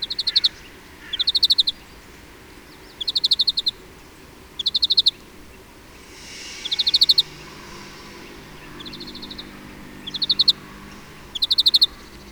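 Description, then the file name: European greenfinch calling in short rapid trilled bursts, repeated at irregular intervals over a steady low background hiss. "Chloris chloris"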